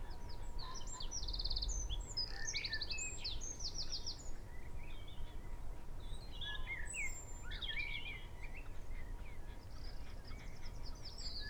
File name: Troglodytes troglodytes